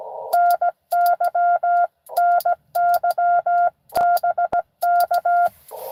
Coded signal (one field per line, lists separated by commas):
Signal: Morse code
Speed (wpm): 17 wpm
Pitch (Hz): 690 Hz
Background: none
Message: NY NY BK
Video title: N2AKJ is live! doing pota at us-2114 #pota #cw #n2akj